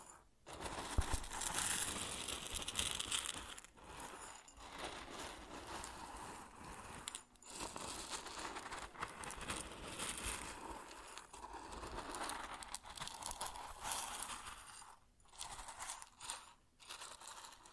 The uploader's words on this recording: ASMR Grain Sounds (No Talking).